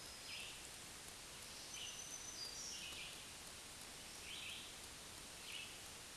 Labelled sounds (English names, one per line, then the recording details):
Black-throated Green Warbler song
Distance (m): 25 m
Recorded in a Pennsylvania forest on 1 June 2023 at 07:43
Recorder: AudioMoth, point grid3_35_low
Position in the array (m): 163 m, 137 m